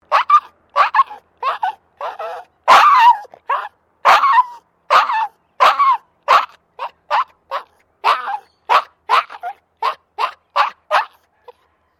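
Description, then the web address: Maltese terrier giving rapid, high-pitched, yelping barks in an uneven series, about two per second, with a few louder, harsher barks early on and short gaps between. Small dog in a distressed state. "Sound Effects-Foundation 2 DOG MALTESE TERRIER DISTRESSED BARKING"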